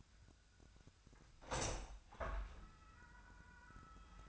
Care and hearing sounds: daily activity, microphone in the room; open window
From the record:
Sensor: 2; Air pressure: 1004.5 hPa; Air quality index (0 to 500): 70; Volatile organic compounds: 1 ppm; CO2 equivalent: 825 ppm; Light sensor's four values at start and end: 6/14/5/5 and 6/14/6/6

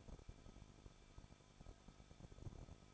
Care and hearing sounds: daily activity, microphone in the room; no activity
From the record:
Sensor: 5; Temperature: 20.8 degrees Celsius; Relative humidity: 38.6%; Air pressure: 1006.5 hPa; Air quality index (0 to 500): 191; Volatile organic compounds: 20 ppm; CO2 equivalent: 2704 ppm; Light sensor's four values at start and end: 2/3/1/1 and 2/3/1/1

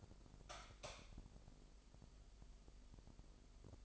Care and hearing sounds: daily activity, microphone in the room; light on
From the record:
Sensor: 5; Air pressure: 995.4 hPa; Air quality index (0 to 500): 92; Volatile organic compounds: 5 ppm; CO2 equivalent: 1722 ppm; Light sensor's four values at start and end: 35/81/33/33 and 36/87/35/35

